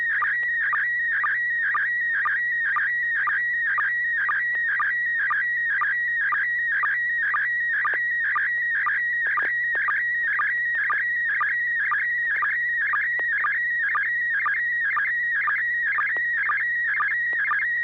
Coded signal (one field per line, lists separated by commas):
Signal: SSTV (slow-scan television)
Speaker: this net serves for training and practice and image transmission modes and meets Wednesday nights at 900 p.m. on the n6 na repeater